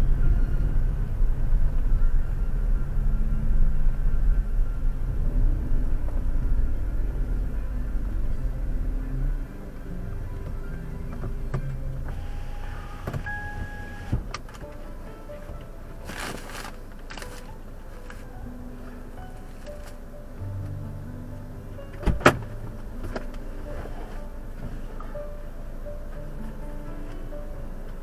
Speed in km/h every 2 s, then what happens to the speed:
12, 11, 11, 8, 5, 0, 0, 0, 0, 0, 0, 0, 0, 0.
0-5 steady at about 11. 5-10 slows to 0. 10-28 standing.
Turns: none.